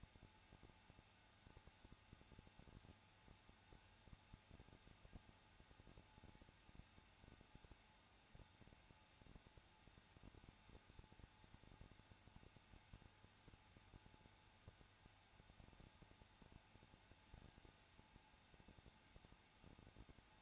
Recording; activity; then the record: daily activity, microphone in the room; no activity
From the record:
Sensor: 2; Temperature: 21.0 degrees Celsius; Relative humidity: 34.2%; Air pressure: 994.4 hPa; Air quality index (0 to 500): 172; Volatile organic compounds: 3 ppm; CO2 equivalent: 1335 ppm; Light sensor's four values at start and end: 2/3/2/2 and 2/3/2/2